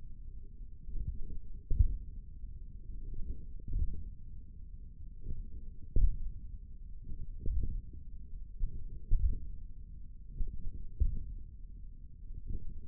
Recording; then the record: forearm muscle sounds (acoustic myography)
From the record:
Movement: tripod grip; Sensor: system 1, eight BSWA MPA416 microphones around the upper forearm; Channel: 3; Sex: male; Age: 28 years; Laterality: right